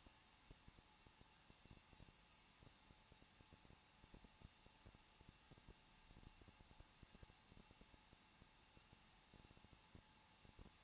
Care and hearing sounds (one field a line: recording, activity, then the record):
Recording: daily activity, microphone in the room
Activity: no activity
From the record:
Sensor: 1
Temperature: 20.1 degrees Celsius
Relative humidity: 39.1%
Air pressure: 1006.3 hPa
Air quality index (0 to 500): 217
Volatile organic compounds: 75 ppm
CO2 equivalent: 3562 ppm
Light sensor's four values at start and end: 1/2/1/1 and 1/2/1/1